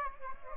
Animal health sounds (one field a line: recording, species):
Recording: mosquito wingbeat signal from an infrared sensor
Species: Aedes aegypti